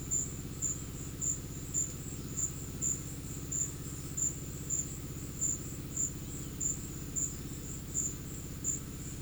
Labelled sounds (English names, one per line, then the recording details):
none
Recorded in pastures near Puerto Asís, Putumayo, Colombia, on 13 March 2025 at 13:00
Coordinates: 0.505, -76.324
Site GP08